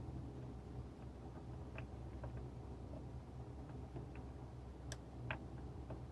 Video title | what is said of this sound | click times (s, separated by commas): 2003 Dodge Ram 4.7 misfire and tuneup, code po308 | You'll hear that connector click most of the time. | 5.3 s